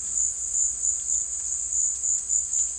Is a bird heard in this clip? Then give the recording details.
no. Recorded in secondary vegetation near Puerto Asís, Putumayo, Colombia, on 25 June 2025. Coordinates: 0.488, -76.319. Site G094